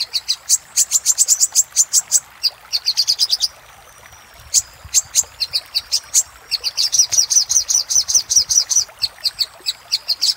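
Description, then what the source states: Little spiderhunter song: rapid, high chipping phrases, then a short quiet break, then another long run of quick, piercing notes. Masteran (tutor) recording of sogok ontong song, used to train cage birds; labelled Labaik.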